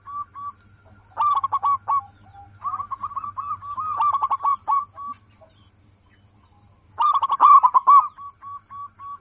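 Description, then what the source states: Zebra dove song of fast repeated coos, a few loud stuttering bursts and quieter runs of even notes between them, over a faint low hum. Local zebra dove, a lively, in-form singer with a clear, crystal-like loud voice.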